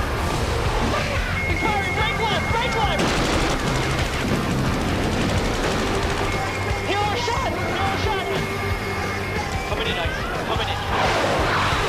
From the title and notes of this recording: Flying an F-14 Tomcat with Maverick and Iceman || Top Gun Ambience. Cockpit of an F-14 Tomcat cruising the blue skies.